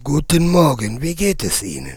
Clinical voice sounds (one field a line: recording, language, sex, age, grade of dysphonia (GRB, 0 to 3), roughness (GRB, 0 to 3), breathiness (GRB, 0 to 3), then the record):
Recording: spoken sentence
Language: German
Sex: male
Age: 30 to 39 years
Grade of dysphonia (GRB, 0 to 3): 3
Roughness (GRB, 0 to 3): 3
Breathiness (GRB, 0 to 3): 3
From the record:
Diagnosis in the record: laryngeal tumor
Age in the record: 38 years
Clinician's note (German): Riesiger KK-Tu links, transglottisch, 3-Etagen